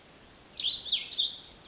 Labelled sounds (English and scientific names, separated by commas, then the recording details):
Cassin's Vireo (Vireo cassinii)
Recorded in Sonoma County, California